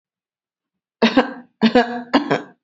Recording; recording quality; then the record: shallow voluntary cough; excellent, no background noise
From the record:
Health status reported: healthy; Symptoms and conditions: none ticked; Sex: female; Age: 42 years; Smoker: not ticked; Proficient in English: no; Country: India